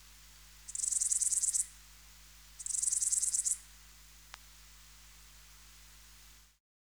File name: Baetica ustulata